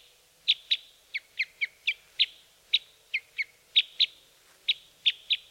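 Red crossbill calls: a steady series of about fifteen hard, abrupt 'kip' notes.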